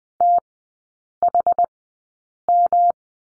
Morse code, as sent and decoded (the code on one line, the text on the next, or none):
- .... --
THM